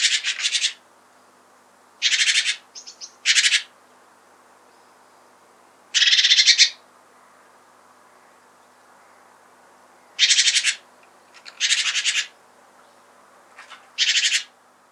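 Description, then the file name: Great tit giving harsh, buzzy rasping churrs, short bursts of under a second repeated at irregular intervals, with quiet gaps between. "Parus major"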